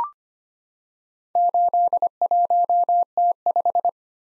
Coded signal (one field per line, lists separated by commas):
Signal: Morse code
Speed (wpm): 25 wpm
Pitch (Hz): 700 Hz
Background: none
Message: 81T5